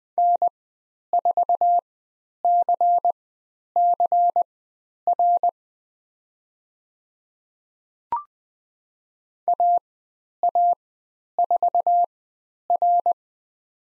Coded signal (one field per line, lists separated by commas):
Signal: Morse code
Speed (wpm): 20 wpm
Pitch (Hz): 700 Hz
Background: none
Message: N4CCR AA4R